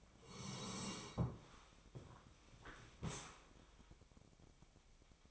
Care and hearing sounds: daily activity, microphone in the room; sit down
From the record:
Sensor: 1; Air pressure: 1000.5 hPa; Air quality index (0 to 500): 174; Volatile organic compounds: 4 ppm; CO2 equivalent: 1614 ppm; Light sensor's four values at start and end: 13/30/13/14 and 13/30/13/14

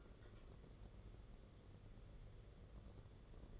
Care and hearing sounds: daily activity, microphone in the room; take from stove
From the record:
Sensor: 4

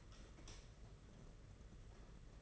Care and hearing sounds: daily activity, microphone in the room; light on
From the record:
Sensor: 4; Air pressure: 992.7 hPa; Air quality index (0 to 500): 172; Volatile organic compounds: 293 ppm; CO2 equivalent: 4467 ppm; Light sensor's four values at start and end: 4/10/4/4 and 4/8/3/3

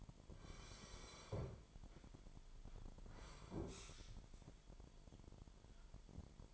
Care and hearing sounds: daily activity, microphone in the room; sit down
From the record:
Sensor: 5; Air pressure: 998.7 hPa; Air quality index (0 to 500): 94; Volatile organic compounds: 2 ppm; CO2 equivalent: 1088 ppm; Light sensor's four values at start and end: 29/72/30/33 and 29/72/30/33

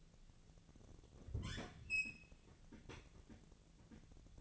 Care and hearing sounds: daily activity, microphone in the room; open fridge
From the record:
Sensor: 4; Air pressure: 1000.9 hPa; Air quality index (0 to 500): 126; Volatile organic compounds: 1 ppm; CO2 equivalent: 945 ppm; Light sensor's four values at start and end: 32/77/32/35 and 30/73/31/33

